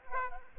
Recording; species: mosquito wingbeat signal from an infrared sensor; Aedes aegypti